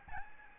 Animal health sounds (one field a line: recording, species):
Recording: mosquito wingbeat signal from an infrared sensor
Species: Aedes albopictus